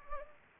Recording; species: mosquito wingbeat signal from an infrared sensor; Anopheles gambiae